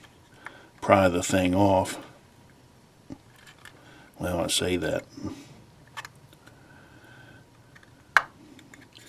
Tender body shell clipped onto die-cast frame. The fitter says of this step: You can hear it pop there.